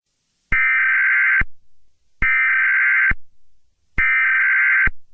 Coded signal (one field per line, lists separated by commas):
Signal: Emergency Alert System (SAME) tones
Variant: header bursts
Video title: Yellowstone Eruption [EAS SCENARIO]